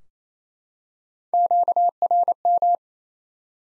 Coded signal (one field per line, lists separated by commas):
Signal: Morse code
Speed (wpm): 28 wpm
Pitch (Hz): 700 Hz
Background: none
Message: QRM